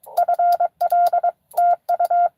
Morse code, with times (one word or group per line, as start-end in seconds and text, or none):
0.2-1.3 FL
1.6-2.3 TU